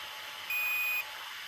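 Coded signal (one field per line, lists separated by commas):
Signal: beep code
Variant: Team Associated ESC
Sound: one steady high beep lasting about half a second over hiss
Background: background hiss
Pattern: 1 long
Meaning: The long tone marks setting value five in ESC programming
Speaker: when it gets to five you get a long a long tone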